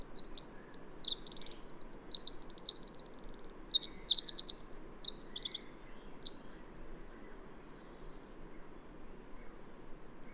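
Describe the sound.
Bird song: fast, high-pitched twittering trills pour out for about seven seconds, then only a few faint notes follow.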